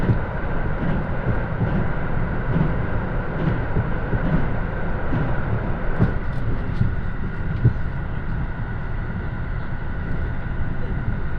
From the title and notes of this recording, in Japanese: 関西本線 桑名→名古屋特急南紀6号（キハ85）。やはり特別急行らしい重厚さと貫禄がエンジン音から伝わってきます。とはいえこの日の編成は２両！